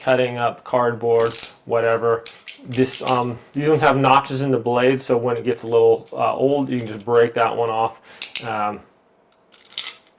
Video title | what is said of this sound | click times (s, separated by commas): JarOwl cordless drill set with tools - home repair starter kit Unboxing and review | Very cool. Slides in and out, clicks into place, not really loose or anything like that. | 9.5 s, 9.7 s, 9.8 s